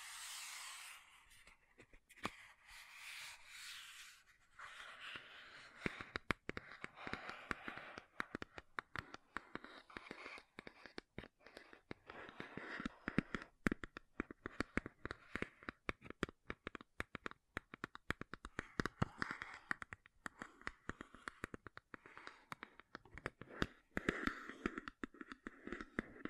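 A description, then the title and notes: Tapping and scratching on makeup containers. It opens with a soft hissing scrape for about four seconds, then shifts to dense, quick taps and crisp scratches that continue unevenly to the end, some bright and sharp, with brief pauses. ASMR MAKEUP TAPPING & SCRATCHING 3CE Unboxing (No Talking).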